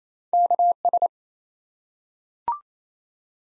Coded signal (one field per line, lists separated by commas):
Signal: Morse code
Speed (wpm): 28 wpm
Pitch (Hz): 700 Hz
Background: none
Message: KS